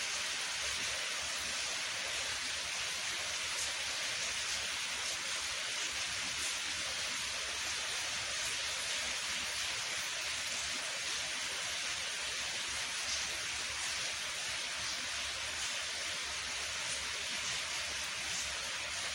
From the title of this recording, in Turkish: Yağmur Sesi